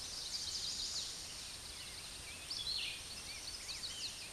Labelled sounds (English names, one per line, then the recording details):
Red-eyed Vireo song
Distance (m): 25 m
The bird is about 5 m above the microphone
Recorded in a Pennsylvania forest on 16 May 2024 at 09:27
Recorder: AudioMoth, point MSD-2304
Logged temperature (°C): 16.0 °C
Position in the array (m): 186 m, 160 m